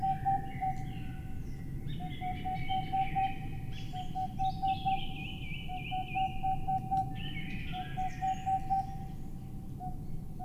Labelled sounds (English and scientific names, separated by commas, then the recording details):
Boreal Owl (Aegolius funereus)
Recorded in the wild
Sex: male
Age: adult
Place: Altsorgefeld, NSG Rochauer Heide, Brandenburg, DE
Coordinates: 51.8147, 13.52
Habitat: wood
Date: 2007-03-13 18:25
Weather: fair, 15°C, no wind
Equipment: Sound Devices 702, Sennheiser MKH 70, Windkorb
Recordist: Frommolt, Karl-Heinz